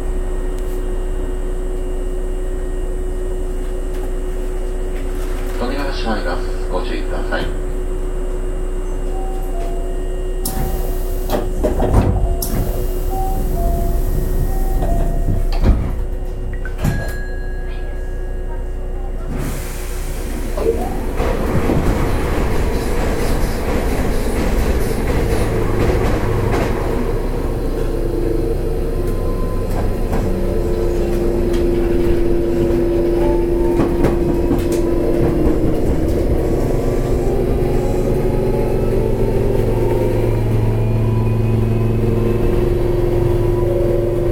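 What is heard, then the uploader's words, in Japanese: A local train on the Kobe Line runs with a steady low rumble, sharp clanks near 11 and 16 seconds, and faint voices. 阪急7000系 神戸線普通 西宮北口から神戸三宮まで。阪急電鉄7000系電車の走行音です。神戸線の普通列車にて収録しました。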